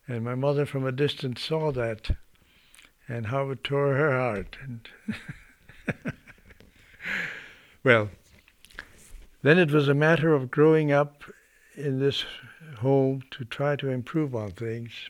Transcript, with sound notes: And my mother from a distance saw that and how it tore her heart. (he laughs) Well, then it was a matter of growing up in this home to try to improve on things.